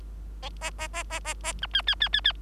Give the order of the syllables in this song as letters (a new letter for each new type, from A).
A A A A A A B C C C C C